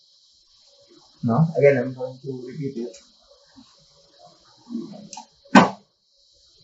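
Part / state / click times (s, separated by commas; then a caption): torch shuttle into ICP-OES torch compartment / seated / 5.1 s. On a second try, a torch shuttle is pushed up into its position in the torch compartment of a PlasmaQuant PQ 9000 Elite ICP-OES instrument while someone talks. A single sharp click is heard at 5.1 s, confirming the shuttle is seated and aligned.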